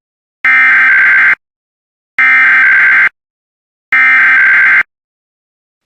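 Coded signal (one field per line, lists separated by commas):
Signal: Emergency Alert System (SAME) tones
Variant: header bursts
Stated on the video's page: IPAWS weekly test alerts.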